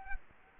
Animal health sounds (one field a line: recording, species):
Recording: mosquito wingbeat signal from an infrared sensor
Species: Culex quinquefasciatus